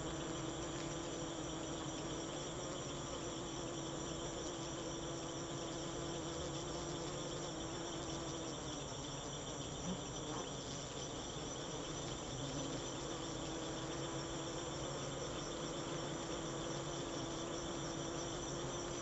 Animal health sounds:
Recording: honeybee defence experiment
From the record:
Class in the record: alert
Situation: Africanized honeybees facing leafcutter ants (Atta)

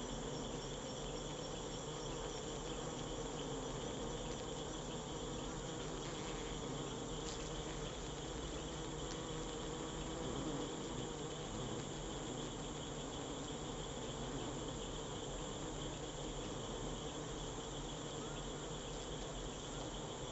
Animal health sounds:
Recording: honeybee defence experiment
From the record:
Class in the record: control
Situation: empty test tube, no live specimens

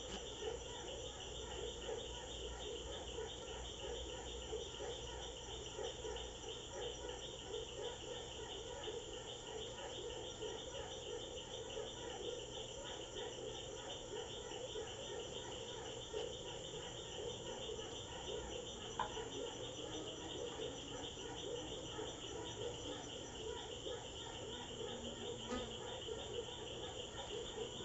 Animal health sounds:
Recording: honeybee defence experiment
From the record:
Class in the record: control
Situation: empty test tube, no live specimens

